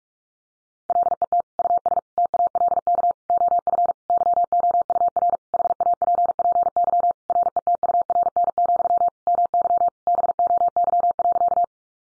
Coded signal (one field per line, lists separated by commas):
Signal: Morse code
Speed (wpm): 44 wpm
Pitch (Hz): 700 Hz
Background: none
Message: LET US TALK OF YOUR HAPPY RETURN, MY BOY.